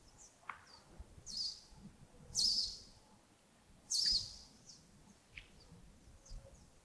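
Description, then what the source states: Bird calls: high, sharp, hissy notes at irregular intervals, several loud bursts among thin softer chips, over light background noise. Birds recorded in early morning at Yagongding, 28 December 2025, around 07:40.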